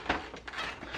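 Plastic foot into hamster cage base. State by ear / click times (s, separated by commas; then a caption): seated / 0.1 s, 0.5 s. A plastic foot is pressed with extra pressure into the base of a plastic Tiny Tales Dinosaur hamster cage. Sharp plastic taps sound at 0.1 s and 0.5 s. The foot snaps into place and is seated.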